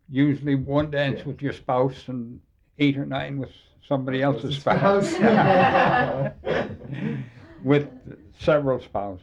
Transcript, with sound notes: Usually one dance with your spouse, and eight or nine with somebody else's spouse: (laughter) with several spouses,